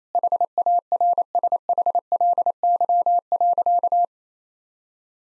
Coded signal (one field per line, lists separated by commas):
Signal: Morse code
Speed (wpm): 28 wpm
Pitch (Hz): 700 Hz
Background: none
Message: HARSHLY.